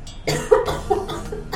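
A short, voiced cough from an adult comes in two or three quick bursts over about a second in a quiet indoor room, then trails off. It is a single brief coughing bout, with no wheeze or stridor.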